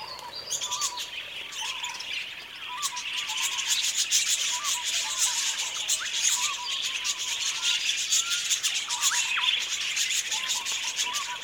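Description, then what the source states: Budgerigar chatter throughout, rapid irregular chirps and clicking buzzes from many birds, short arched whistles repeating through the background. Several budgies.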